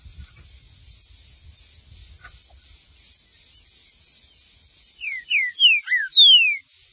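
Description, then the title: Green-winged saltator song: after several seconds of low rumbling, one phrase of five sweet whistled notes sliding down in pitch. "Trinca Ferro"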